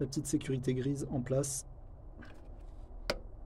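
On a 5.3 GM V8 Hummer H3 Alpha, the small grey plastic position lock on the reconnected throttle body sensor plug is pushed into place after someone talks. It gives one sharp click at 3.1 s as the locking tab snaps in, and the lock is seated.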